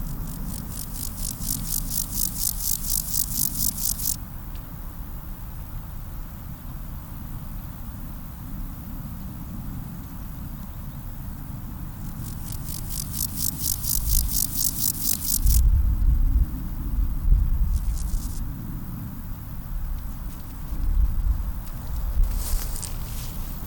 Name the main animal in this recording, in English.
Water-meadow Grasshopper